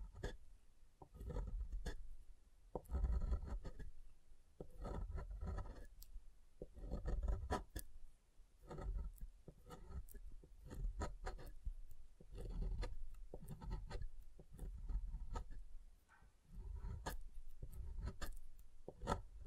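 Soap being tapped and carved, with frequent sharp clicks and scraping strokes arriving in irregular clusters throughout. Dull low thumps sit under brighter crisp scratches, and the activity comes in bursts with brief quieter gaps near 2, 9 and 16 seconds.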